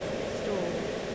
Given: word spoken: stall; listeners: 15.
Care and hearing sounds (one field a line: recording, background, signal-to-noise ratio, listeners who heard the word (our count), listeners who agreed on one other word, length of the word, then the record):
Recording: one English word in noise, from a listening test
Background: speech-shaped noise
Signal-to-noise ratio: -4.3 dB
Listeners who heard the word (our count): 2 of 15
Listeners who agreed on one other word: 9 of 15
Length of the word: 0.75 s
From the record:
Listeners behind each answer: 9, 3, 2, 1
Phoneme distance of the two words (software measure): 10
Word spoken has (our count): 1 syllable, 4 phonemes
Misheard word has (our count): 1 syllable, 4 phonemes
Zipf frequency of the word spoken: 4.18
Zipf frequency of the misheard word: 4.46